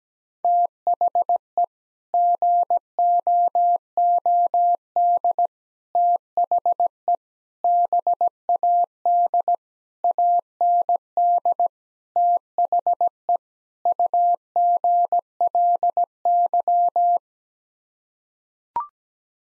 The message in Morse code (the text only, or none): THE GOOD THE BAD AND THE UGLY